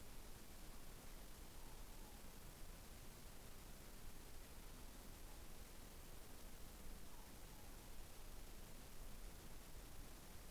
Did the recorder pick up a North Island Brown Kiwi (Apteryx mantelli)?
no